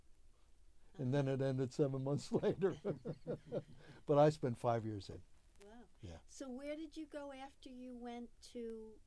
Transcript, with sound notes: Uh-huh.
And then it ended seven months later. [laughs] But I spent five years in.
Wow.
Yeah.
So where did you go after you went to